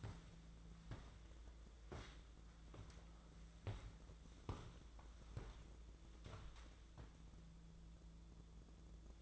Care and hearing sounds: daily activity, microphone in the room; walk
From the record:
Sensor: 3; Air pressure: 1005.4 hPa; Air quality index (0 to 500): 95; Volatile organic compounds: 3 ppm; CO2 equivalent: 1480 ppm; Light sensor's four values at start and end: 7/17/7/7 and 10/24/10/9

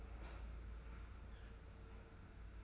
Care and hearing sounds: daily activity, microphone in the room; open fridge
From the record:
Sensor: 2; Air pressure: 990.9 hPa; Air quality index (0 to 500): 128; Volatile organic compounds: 126 ppm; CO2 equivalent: 3908 ppm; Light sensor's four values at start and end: 20/48/19/19 and 20/48/19/19

